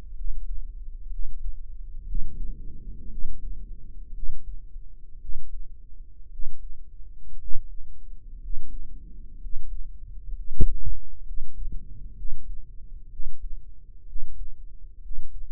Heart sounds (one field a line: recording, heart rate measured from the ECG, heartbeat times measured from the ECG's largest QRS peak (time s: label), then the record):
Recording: heart sounds by microphone in the right ear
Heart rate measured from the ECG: 61 bpm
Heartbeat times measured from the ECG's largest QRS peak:
0.14 s: heartbeat
1.09 s: heartbeat
2.05 s: heartbeat
3.08 s: heartbeat
4.12 s: heartbeat
5.19 s: heartbeat
6.29 s: heartbeat
7.38 s: heartbeat
8.39 s: heartbeat
9.39 s: heartbeat
10.33 s: heartbeat
11.23 s: heartbeat
12.15 s: heartbeat
13.09 s: heartbeat
14.05 s: heartbeat
15.00 s: heartbeat
From the record:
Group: healthy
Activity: rest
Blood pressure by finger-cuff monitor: 117/66 mmHg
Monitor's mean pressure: 82 mmHg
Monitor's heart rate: 63 bpm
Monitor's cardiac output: 7.4 L/min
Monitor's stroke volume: 126 mL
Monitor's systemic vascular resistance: 800 dyn s/cm5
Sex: male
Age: 23 years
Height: 178 cm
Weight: 96.6 kg